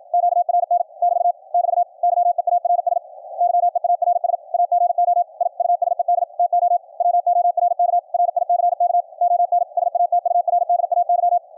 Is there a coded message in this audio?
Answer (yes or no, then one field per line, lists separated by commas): yes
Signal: Morse code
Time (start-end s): 0.1-11.4 s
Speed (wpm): 53 wpm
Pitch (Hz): 700 Hz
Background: none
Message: QRN <BT> <BT> YEARS YEARS AGO I USED TO WORK RICK ON SATURDAY